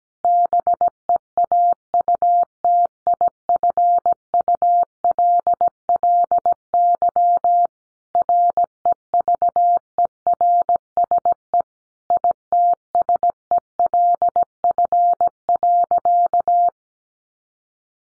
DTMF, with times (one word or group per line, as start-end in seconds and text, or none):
none